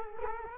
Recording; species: mosquito wingbeat signal from an infrared sensor; Culex quinquefasciatus